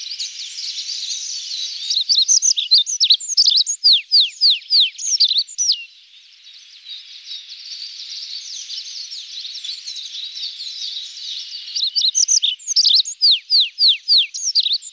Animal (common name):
Olive-backed Pipit